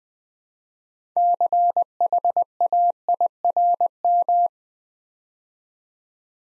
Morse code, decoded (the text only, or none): CHAIRM